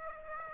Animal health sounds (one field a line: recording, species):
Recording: mosquito wingbeat signal from an infrared sensor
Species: Aedes aegypti